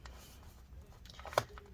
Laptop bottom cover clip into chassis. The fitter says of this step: yeah i don't know it's it's kind of clicking okay i guess it clicked in